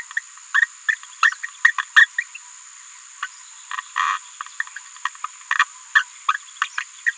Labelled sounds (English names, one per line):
Green-rumped Parrotlet babbling